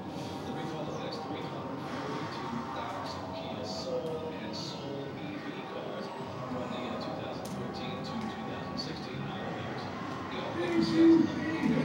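Inside an amusement arcade, a dense, steady wash of overlapping voices and machine noise fills the room without pause. Short bright clicks and chirps flicker through it, and near the end a brief electronic tone rises a little louder over the crowd.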